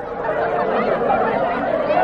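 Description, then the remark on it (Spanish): A dense, dissonant buzz of many human voices talking over one another, steady and fairly loud throughout, with no single voice standing out from the blurred murmur. “Repentinamente hubo un disonante zumbido de voces humanas.”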